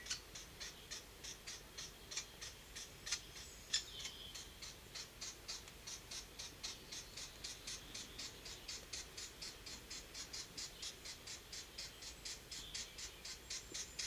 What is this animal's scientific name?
Picus canus